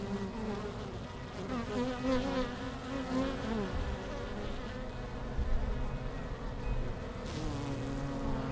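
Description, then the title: Honey bees humming continuously, several individual bees flying by with wavering pitch, and soft steady ringing tones behind the drone. Langel, Köln, Germany; early October, sun gone from the hives; most bees returning to the hive, many white-backed from Himalayan balsam flowers; village church bells ringing in background. "Langel, Köln, Deutschland - Bienen Anfang Oktober. Bees at the beginning of October"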